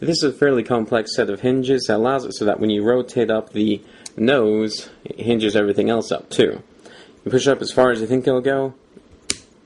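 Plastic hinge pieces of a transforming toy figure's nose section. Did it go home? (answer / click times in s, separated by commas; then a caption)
yes / 9.3 s. Someone talks while rotating the plastic nose section of a Transformers Dark of the Moon Deluxe Class Air Raid toy jet upward, pushing past where it seems to stop. At 9.3 s, the gray plastic hinge pieces snap into place with a sharp click, and the nose section is seated.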